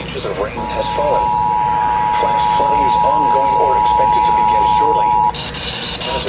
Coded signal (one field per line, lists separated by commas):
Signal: Emergency Alert System (SAME) tones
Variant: 853 and 960 Hz attention tone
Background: speech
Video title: Enhanced Interests.... | EAS Alerts from 8/6/24 | EAS#1,133 - 1,202